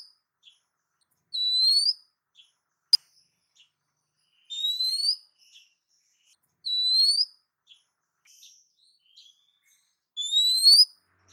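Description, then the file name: Oriental magpie-robin: bird giving a soft rising whistled note repeated every two to four seconds, with a single sharp click between; otherwise quiet. Female calling the male. "Suara Kicau Burung Kacer Betina Memanggil Jantan"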